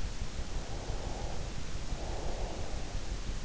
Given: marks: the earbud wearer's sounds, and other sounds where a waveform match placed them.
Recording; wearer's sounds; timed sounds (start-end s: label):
sounds in sleep by an in-ear microphone; breath
0.39-3.15 s: breath